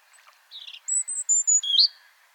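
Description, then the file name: European robin giving a short run of thin, high whistled notes, sliding and varied, with a brighter rising flourish at the end over faint background hiss. "Erithacus rubecula"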